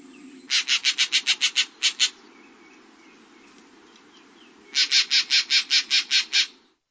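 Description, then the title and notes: Green jay uttering two long bursts of loud, harsh, evenly spaced rasping notes, about nine per burst, separated by a few seconds of quiet hum. Weslaco, southern Texas, United States, at a state park; a tropical bird found mainly in Mexico and South America that just reaches the United States in southern Texas. "Laura Meyers Photograpy Green Jay"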